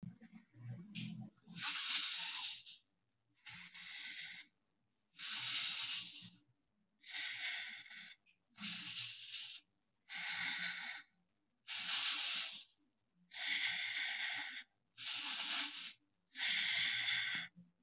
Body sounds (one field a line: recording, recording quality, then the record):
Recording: deep breathing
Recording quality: excellent, no background noise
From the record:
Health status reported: healthy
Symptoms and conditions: cold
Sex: male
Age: 26 years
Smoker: not ticked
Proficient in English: yes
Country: India